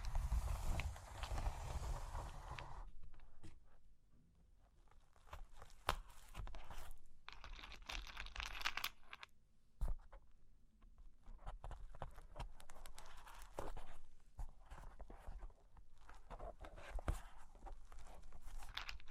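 Cork and wood being handled: a dense scraping rush fills the first three seconds, then gives way to scattered sharp taps and clicks. Bursts of rough scratching and tracing return around eight seconds and again near fourteen and eighteen, with quiet gaps between.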